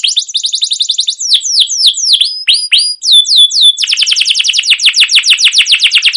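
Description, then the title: Canary song with rapid trilled phrases, a series of slurred descending whistles, then a dense fast trill of repeated sweeping notes. Canary song, described as chirping and rolling, used as a lure to get other canaries singing. "CUIT CUIT NGEROL LANGSUNG GACOR PANJANG Kenari Ini Utk Pancingan KENAR"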